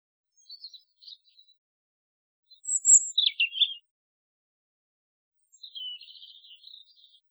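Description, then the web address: Bird song in scattered high chirps and short squeaky notes, one brief burst in the middle and a softer twittering phrase near the end, with quiet gaps between. "Animals Birds Birdsong Isolated"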